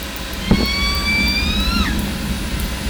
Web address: SRKW call-catalog Orca Calls Alwin Audiosamples call S 6